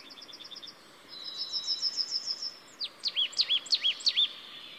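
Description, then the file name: Marsh tit calls: faint high ticks, then a thin buzzy rattle, followed by several louder, arched notes in quick succession. "Poecile palustris"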